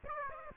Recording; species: mosquito wingbeat signal from an infrared sensor; Aedes aegypti